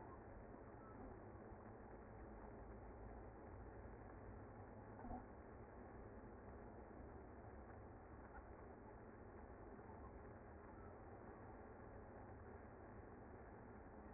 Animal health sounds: honeybee colony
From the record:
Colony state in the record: active

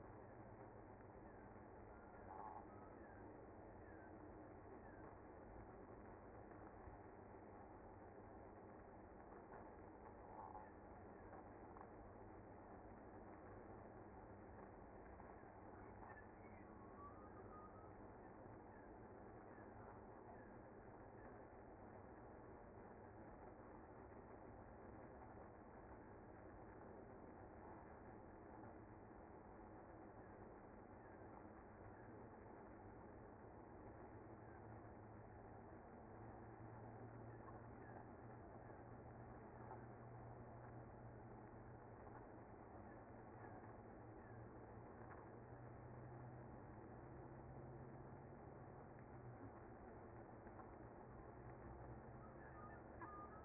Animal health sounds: honeybee colony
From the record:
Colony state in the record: active

